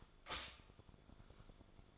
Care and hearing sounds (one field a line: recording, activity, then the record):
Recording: daily activity, microphone in the room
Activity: stop toaster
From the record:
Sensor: 5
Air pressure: 1014.8 hPa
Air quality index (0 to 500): 198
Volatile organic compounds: 8 ppm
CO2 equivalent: 2109 ppm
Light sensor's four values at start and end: 16/38/15/13 and 16/38/15/13